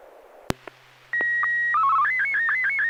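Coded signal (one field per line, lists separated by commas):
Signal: SSTV (slow-scan television)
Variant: Martin 1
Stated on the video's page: Morse ident heard on an FM repeater on 441.300 MHz in Sacramento during a weekly SSTV net, using MMSSTV software.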